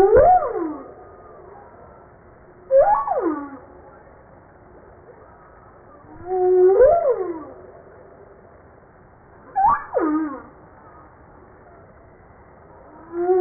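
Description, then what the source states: Humpback whale song: tonal, harmonic moaning units that swoop upward then slide down, repeated every few seconds over a steady low hiss. 5 March 1994, at 08:52.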